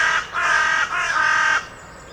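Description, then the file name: Carrion crow giving three harsh, rasping caws in quick succession, then falling quiet. "Corvus corone"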